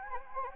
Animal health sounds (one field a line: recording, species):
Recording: mosquito wingbeat signal from an infrared sensor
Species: Anopheles gambiae